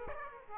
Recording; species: mosquito wingbeat signal from an infrared sensor; Aedes aegypti